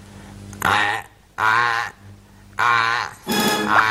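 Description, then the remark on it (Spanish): A person imitates a toad's croaking call with four loud, raspy, drawn-out croaks, each about half a second long, separated by short pauses. “¿Y cómo hace cantan... el sapo?”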